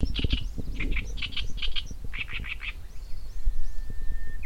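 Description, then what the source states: Black-browed reed warbler song: rapid repeated chattering phrases for about three seconds, then a thin, steady whistled note near the end. Recorded near Daibosatsu Pass, Japan.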